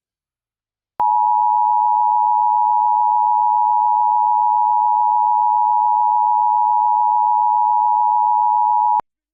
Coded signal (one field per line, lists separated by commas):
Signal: Emergency Alert System (SAME) tones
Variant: 853 and 960 Hz attention tone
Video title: Zoo Disaster II (EAS Scenario)